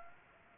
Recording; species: mosquito wingbeat signal from an infrared sensor; Aedes aegypti